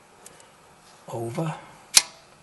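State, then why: Seated. On a 2014 Audi A4 front brake, a brake pad wear sensor is turned in sideways, pushed up, and its small plastic lock tab is pushed over and rotated in, going into the front brake pad or caliper. Someone talks from about 1.0 to 1.6 s, then a single loud, sharp click at 2.0 s marks the lock tab snapping into position, seating the sensor.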